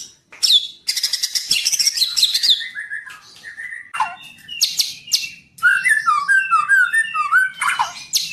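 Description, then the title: White-rumped shama song: loud varied phrases mixing buzzy bursts, rapid trills and slurred whistles sliding up and down, with brief pauses between phrases. Training recording made for teaching song to caged birds. "MASTERAN MURAI BATU LABAIK"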